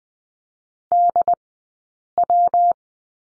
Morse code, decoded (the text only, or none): DW